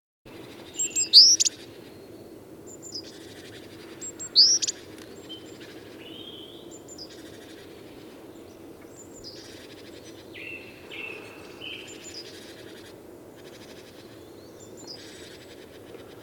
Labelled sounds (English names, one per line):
Great Tit call